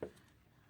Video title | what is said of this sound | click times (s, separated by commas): DOLLKEEPING: Vintage Rag Doll, Two Heidi Ott Dolls and Eimmie Doll | double check no ah one more click okay now i'm going to just | 0.0 s